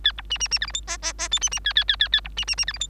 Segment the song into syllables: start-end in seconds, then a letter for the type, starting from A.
0.04-0.12 A, 0.17-0.22 B, 0.30-0.38 C, 0.40-0.48 C, 0.51-0.59 C, 0.61-0.66 D, 0.66-0.72 E, 0.73-0.81 F, 0.87-0.97 G, 1.02-1.13 G, 1.18-1.28 G, 1.31-1.40 H, 1.41-1.50 C, 1.51-1.59 C, 1.65-1.73 A, 1.75-1.84 A, 1.88-1.96 A, 1.99-2.08 A, 2.12-2.21 A, 2.24-2.28 B, 2.37-2.45 C, 2.47-2.56 C, 2.57-2.65 C, 2.67-2.73 D, 2.73-2.79 E, 2.80-2.88 F